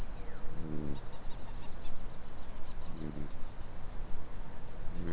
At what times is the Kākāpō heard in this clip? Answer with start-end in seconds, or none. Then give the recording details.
none. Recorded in New Zealand. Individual Stumpy